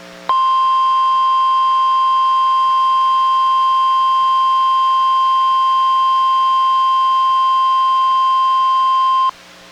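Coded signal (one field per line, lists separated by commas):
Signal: Emergency Alert System (SAME) tones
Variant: 1050 Hz attention tone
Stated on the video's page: NOAA Weather Radio required weekly test relayed by Astoria station, recorded from a Reecom R-1630 weather radio through a Zoom H1 recorder.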